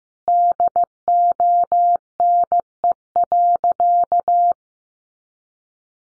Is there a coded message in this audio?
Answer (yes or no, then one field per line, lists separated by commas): yes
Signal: Morse code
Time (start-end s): 0.3-4.5 s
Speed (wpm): 15 wpm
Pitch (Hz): 700 Hz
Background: none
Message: DONE.